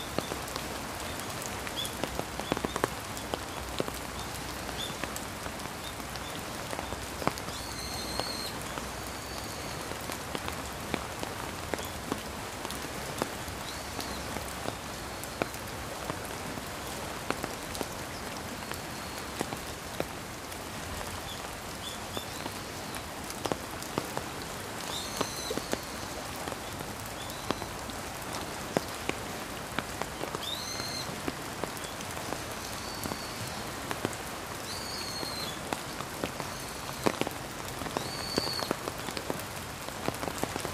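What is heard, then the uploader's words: Steady rain falls beside a flowing river, a dense, even patter of drops with sharper taps scattered throughout. A continuous low rush of water runs underneath. Faint high chirps, likely birds, come through now and then. 川沿いの雨音. 5 minutes of listening to the sound of the river flowing along with the sound of rain. An environmental sound typical of the Tamagawa River.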